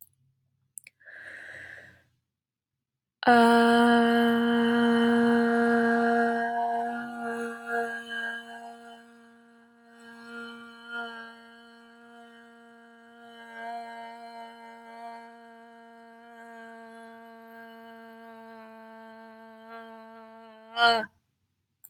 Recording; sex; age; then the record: vowel held as long as possible; female; 20 to 29 years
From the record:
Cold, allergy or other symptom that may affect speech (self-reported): no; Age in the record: 23 years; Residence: Virginia, United States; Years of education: 17